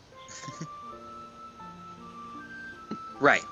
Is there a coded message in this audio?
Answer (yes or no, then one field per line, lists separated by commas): no